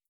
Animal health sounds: hydrophone in a shrimp aquaculture tank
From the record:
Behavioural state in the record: starved

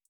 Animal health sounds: hydrophone in a shrimp aquaculture tank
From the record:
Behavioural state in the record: feeding

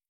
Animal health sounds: hydrophone in a shrimp aquaculture tank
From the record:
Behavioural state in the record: starved

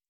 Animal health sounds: hydrophone in a shrimp aquaculture tank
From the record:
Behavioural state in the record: stressed

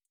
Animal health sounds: hydrophone in a shrimp aquaculture tank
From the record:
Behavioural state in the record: feeding

